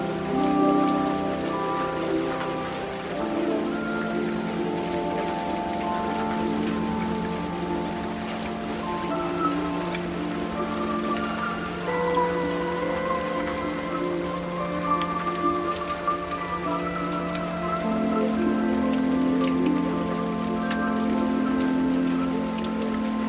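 Steady, dense rain patters on a roof with scattered sharper drops, over a continuous low hum and faint sustained tones throughout.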